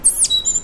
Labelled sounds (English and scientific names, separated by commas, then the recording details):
Stitchbird (Notiomystis cincta) song
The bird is a male
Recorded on Tiritiri Matangi Island, New Zealand, in 2005
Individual 1, of nest box 1